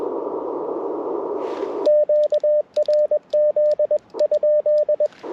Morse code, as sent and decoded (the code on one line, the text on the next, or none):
--.- .-. --.. ..--..
QRZ?